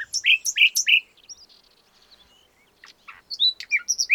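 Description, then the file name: Common nightingale song opening with a few loud repeated notes, then soft quiet notes, then a fresh phrase of sharp whistles and chirps. "Luscinia megarhynchos"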